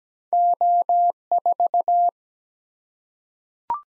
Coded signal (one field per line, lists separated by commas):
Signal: Morse code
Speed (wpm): 17 wpm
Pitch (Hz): 700 Hz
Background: none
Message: O4